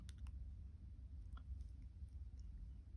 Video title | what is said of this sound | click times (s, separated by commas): DIY Tutorial: How to Create Stunning Chain Links with Twisted Half Round Wire - Beginner Friendly | and then just wiggle it back a little bit and you if probably just heard that click | 0.1 s